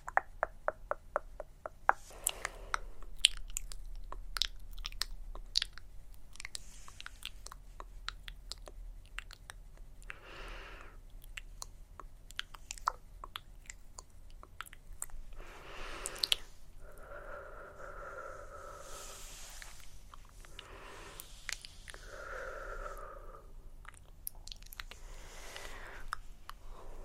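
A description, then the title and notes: Dry mouth sounds: wet clicks, smacks and soft chewing-like crunches arrive in quick irregular bursts. From about ten seconds on, breathy hisses and faint murmured tones slip between the clicks, over a constant low hum. Face Touching and Mouth Sounds.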